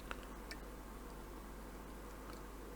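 A small plastic headlight and bumper part for a Fanhome KITT Knight Rider scale model car is pressed into the front bumper assembly along a row of mounting points. It pops into place with a sharp tick at 0.1 s, followed by a fainter tick at 0.5 s over a low steady hum. The part is seated.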